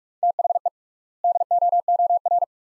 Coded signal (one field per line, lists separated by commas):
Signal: Morse code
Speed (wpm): 46 wpm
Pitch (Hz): 700 Hz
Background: none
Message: THE DOOR